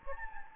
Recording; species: mosquito wingbeat signal from an infrared sensor; Anopheles gambiae